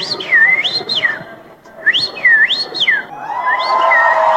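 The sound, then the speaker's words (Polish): In the final of a bird-call whistling contest, a person finger-whistles a common rosefinch call: two loud, clear phrases that swoop down and back up, then a third begins over a rising rush of noise. “Ja spróbuję wygwizdać ją na palcach. Cztery, cztery, pięć. …, prawda? Uwaga, dziwonia.”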